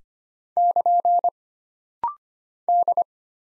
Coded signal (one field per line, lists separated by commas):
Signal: Morse code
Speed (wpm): 25 wpm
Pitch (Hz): 700 Hz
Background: none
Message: <KN> D